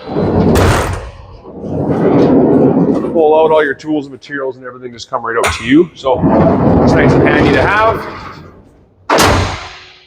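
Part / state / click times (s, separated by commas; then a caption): cargo bed slide latch in pickup bed / seated / 9.1 s. Someone talks while the pull-out cargo bed slide in the bed of a 2019 Chevrolet Silverado 2500 HD is moved along. At 9.1 s its detent latch engages with a loud, sharp thump, and the slide locks in place.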